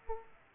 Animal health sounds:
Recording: mosquito wingbeat signal from an infrared sensor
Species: Aedes aegypti

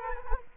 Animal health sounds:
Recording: mosquito wingbeat signal from an infrared sensor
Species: Culex quinquefasciatus

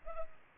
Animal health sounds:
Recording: mosquito wingbeat signal from an infrared sensor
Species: Culex pipiens

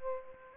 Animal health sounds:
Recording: mosquito wingbeat signal from an infrared sensor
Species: Aedes aegypti

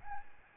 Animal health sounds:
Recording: mosquito wingbeat signal from an infrared sensor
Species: Aedes albopictus

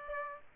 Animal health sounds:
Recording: mosquito wingbeat signal from an infrared sensor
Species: Aedes aegypti

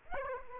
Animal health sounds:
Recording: mosquito wingbeat signal from an infrared sensor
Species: Aedes aegypti

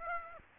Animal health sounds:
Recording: mosquito wingbeat signal from an infrared sensor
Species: Aedes aegypti

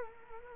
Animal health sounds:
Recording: mosquito wingbeat signal from an infrared sensor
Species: Culex quinquefasciatus

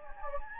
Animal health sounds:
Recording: mosquito wingbeat signal from an infrared sensor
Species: Anopheles gambiae

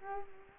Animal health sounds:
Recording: mosquito wingbeat signal from an infrared sensor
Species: Culex quinquefasciatus

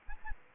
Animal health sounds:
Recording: mosquito wingbeat signal from an infrared sensor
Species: Aedes aegypti

